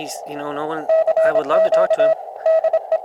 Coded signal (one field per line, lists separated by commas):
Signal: Morse code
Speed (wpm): 27 wpm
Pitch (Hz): 640 Hz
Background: speech, radio noise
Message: CQ DE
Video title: Ham Radio Outdoor CW Ops ~ Horned Owl @ Oklahoma Ranch